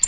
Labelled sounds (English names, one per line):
American Redstart flight call